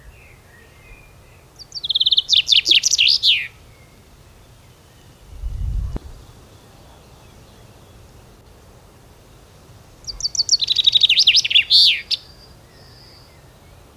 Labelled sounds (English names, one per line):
Common Chaffinch song